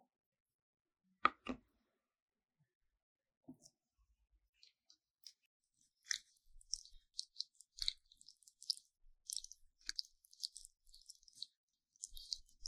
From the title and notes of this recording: ASMR 蘆薈凝膠按摩耳朵 | Aloe based gel sticky Earmassage | 3Dio | NoTalking.